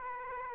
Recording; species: mosquito wingbeat signal from an infrared sensor; Aedes aegypti